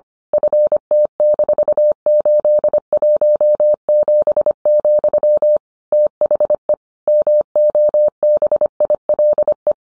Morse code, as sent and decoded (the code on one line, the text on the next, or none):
..-. - -....- ---.. .---- --... --..-- / - .... . / -- --- -... .. .-.. .
FT-817, THE MOBILE